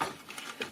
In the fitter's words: pulls itself in and locks into place very delightful